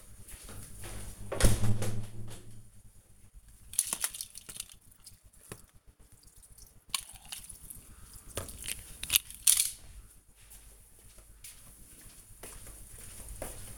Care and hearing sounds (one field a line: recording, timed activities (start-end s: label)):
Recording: household activities, microphone on the right wrist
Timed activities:
0.00-13.78 s: watering plant